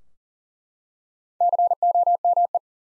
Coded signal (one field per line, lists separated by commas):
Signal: Morse code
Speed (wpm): 40 wpm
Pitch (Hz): 700 Hz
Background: none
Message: COME